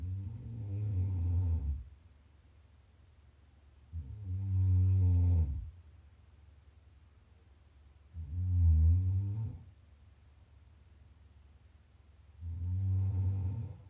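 Four low, rumbling snores from an adult sleeper, about 15 per minute, each lasting one to two seconds with quiet pauses between.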